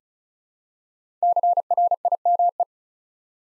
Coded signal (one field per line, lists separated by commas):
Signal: Morse code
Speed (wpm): 36 wpm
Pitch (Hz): 700 Hz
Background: none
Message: CRIME